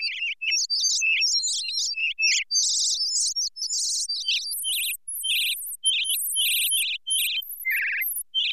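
Bird chirps and tweets, high warbled notes in rapid succession with several brief pauses.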